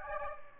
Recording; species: mosquito wingbeat signal from an infrared sensor; Aedes aegypti